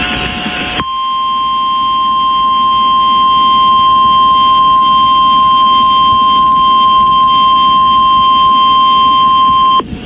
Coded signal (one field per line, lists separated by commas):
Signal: Emergency Alert System (SAME) tones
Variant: 1050 Hz attention tone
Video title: EAS Tropical storm watch in Florida (11-8-22) #emergencyalert #tropicalstorm #kaltfm